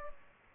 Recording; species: mosquito wingbeat signal from an infrared sensor; Aedes aegypti